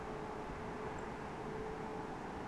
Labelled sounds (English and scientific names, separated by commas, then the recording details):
Song Thrush (Turdus philomelos)
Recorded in Germany
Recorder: ecoPi